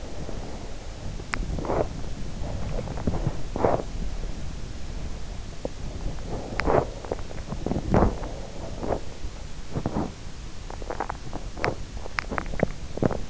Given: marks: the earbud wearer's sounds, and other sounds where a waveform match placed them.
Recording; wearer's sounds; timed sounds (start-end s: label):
sounds in sleep by an in-ear microphone; body movement, breath, swallowing
0.00-13.16 s: body movement
6.12-9.19 s: breath
12.23-13.30 s: swallowing